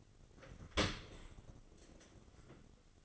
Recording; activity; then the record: daily activity, microphone in the room; open dishwasher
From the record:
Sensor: 4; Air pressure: 1003.9 hPa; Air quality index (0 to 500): 150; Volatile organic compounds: 2 ppm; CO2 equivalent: 1074 ppm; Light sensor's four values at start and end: 20/48/20/21 and 21/50/20/22